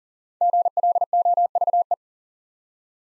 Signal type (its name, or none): Morse code